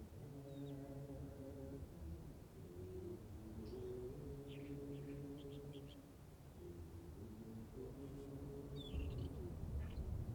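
Wind blows steadily across open ground, a low rumble with a droning, humming whistle that holds and shifts pitch in long stretches. Faint, high bird chirps come and go throughout, and the gusts swell louder near the end.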